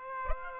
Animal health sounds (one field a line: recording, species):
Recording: mosquito wingbeat signal from an infrared sensor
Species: Aedes aegypti